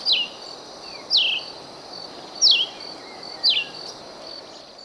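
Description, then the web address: Red-eyed vireo singing quick descending whistled phrases, four in all, against a continuous high-pitched hum. Recorded in Ecuador. "Birds of Ecuador. Red-Eyed Vireo"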